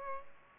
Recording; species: mosquito wingbeat signal from an infrared sensor; Culex pipiens